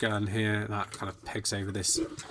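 A plastic toy gun accessory for a transforming robot figure is being handled and lined up so its peg goes over a mounting hole in the figure while someone talks. Nothing has seated or clicked into place yet.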